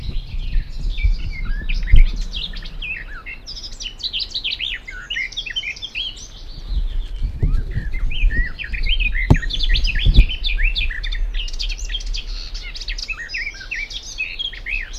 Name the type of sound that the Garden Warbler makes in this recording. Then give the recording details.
song. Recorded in the wild. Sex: male. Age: adult. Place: Krakow am See, Mecklenburg-Vorpommern, DE. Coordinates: 53.6528, 12.3017. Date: 2004-05-15. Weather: overcast, 10°C, moderate to strong winds. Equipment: Tascam DA-P1, Sennheiser MKH 70, Windkorb. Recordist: Frommolt, Karl-Heinz